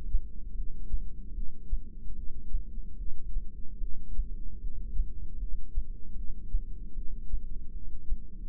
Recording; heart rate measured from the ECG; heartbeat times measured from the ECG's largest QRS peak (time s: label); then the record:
heart sounds by microphone in the left ear; 75 bpm
0.55 s: heartbeat
1.35 s: heartbeat
2.16 s: heartbeat
2.98 s: heartbeat
3.80 s: heartbeat
4.61 s: heartbeat
5.39 s: heartbeat
6.16 s: heartbeat
6.95 s: heartbeat
7.73 s: heartbeat
From the record:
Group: heart failure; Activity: rest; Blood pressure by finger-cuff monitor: 183/112 mmHg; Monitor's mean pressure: 134 mmHg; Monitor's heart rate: 75 bpm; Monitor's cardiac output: 7.7 L/min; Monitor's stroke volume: 103 mL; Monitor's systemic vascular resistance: 1320 dyn s/cm5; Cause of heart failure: non-ischemic cardiomyopathy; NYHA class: 1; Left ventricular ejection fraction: 62%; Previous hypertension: present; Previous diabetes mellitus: present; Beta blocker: bisoprolol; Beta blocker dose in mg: 10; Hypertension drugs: sacubitril-valsartan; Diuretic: furosemide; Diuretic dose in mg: 20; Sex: male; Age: 49 years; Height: 167 cm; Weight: 110 kg